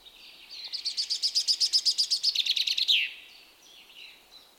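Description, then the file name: Common chaffinch song: a quick series of bright repeated notes, dropping lower in the second half and ending in a short descending flourish, over faint background hiss. "Fringilla coelebs"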